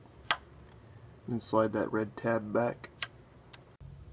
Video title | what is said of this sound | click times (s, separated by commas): Thermostat Housing New METAL Replacement 05-10 v6 Ford Mustang | connectors you just slide them on until they click and | 0.3 s